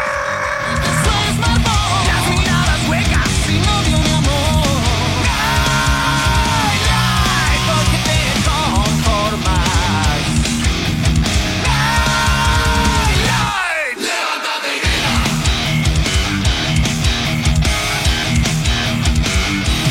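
A loud song plays throughout, dense full-band instrumentation with sung, almost shouted vocals, pausing for a brief instant before surging back in at full volume.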